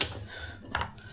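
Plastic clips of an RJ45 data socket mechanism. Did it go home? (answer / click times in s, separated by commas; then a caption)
yes / 0.8 s. After wiring it, someone presses shut the plastic clips of an RJ45 data socket, a keystone-style terminal. A sharp plastic click at 0.8 s marks the clips snapping closed, followed by a fainter tick near 1.0 s. The socket's clips are fully seated.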